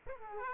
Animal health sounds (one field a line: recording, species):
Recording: mosquito wingbeat signal from an infrared sensor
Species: Aedes aegypti